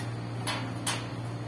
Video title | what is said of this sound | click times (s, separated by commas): #roofing #constraction | Yan, naka-lock na siya ngayon. | 0.5 s, 0.9 s